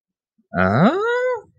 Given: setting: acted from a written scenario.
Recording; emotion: vocal sound without words; confusion